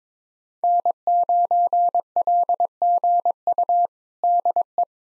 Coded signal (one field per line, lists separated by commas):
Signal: Morse code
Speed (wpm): 22 wpm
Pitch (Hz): 700 Hz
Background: none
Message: N9LGU DE